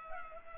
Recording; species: mosquito wingbeat signal from an infrared sensor; Culex pipiens